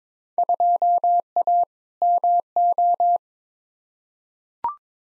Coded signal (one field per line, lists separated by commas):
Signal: Morse code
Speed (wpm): 22 wpm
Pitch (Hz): 700 Hz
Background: none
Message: 2A MO